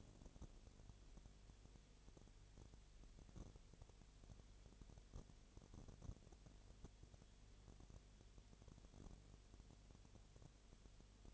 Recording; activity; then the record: daily activity, microphone in the room; no activity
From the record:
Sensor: 4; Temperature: 22.7 degrees Celsius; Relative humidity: 32.0%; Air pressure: 1008.1 hPa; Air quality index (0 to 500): 114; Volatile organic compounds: 2 ppm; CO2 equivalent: 1105 ppm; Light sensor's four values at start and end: 2/3/1/1 and 2/3/1/1